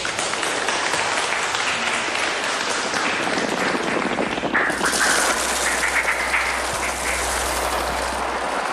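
A dense, chaotic mass of crows cawing in alarm in a scene from Hitchcock's 1963 film The Birds, outside the school in Bodega Bay; harsh calls overlap into a continuous noisy roar that grows brighter and more intense halfway through, with a low rumble underneath.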